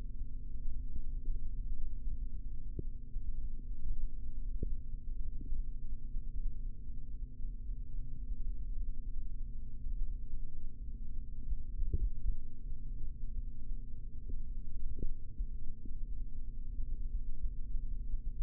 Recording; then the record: forearm muscle sounds (acoustic myography)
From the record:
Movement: rest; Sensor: system 3, bracelet of six PUI Audio POM-2738L microphones around the upper forearm, with dedicated amplification and filtering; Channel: 2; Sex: male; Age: 25 years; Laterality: right